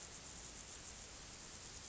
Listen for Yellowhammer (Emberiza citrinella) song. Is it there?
no